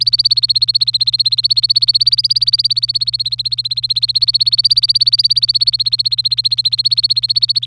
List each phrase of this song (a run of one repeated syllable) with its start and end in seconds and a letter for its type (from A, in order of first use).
0.00-7.66 A